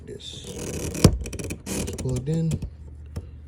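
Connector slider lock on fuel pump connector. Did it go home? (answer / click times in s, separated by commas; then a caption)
no / none. During a fuel pump replacement on a 2004 BMW 325i E46, someone handles the plastic slider lock on the fuel pump connector while someone talks. Short taps and handling rustles are heard. Nothing has seated or clicked yet.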